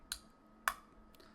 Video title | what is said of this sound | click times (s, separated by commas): Aspire & MilSpec Nautilus Nano Starter Kit - REVEW | snaps right in there it's not much play a little bit of play if you really force it | 0.1 s, 0.7 s